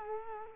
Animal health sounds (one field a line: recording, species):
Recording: mosquito wingbeat signal from an infrared sensor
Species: Culex quinquefasciatus